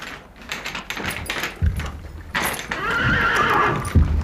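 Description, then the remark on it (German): A horse whinnies in a long, wavering high-pitched neigh, preceded by several hollow hoof clops and shuffling on a hard floor, with a final heavy thud near the end. “Dass wir den Pferd ihren Hafer richtig kriegen.”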